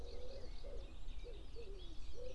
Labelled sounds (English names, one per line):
Common Chiffchaff